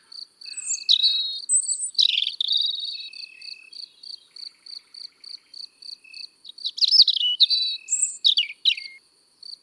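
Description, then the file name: European robin song in quick, high, liquid warbling bursts separated by short gaps, set against a constant evenly pulsed cricket chirping and a faint thin tone. Singing in the countryside. "Rougegorge familier Chants doiseaux dans la campagne"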